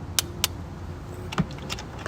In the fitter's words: and then verify the click just